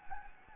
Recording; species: mosquito wingbeat signal from an infrared sensor; Anopheles gambiae